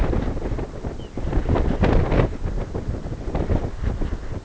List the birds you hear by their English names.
Lapland Longspur